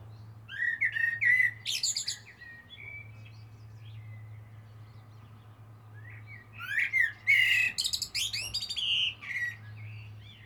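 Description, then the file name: Common blackbird singing two phrases separated by a pause, each mellow whistles sliding into a squeaky, high twittered ending; steady low hum underneath. "Turdus merula"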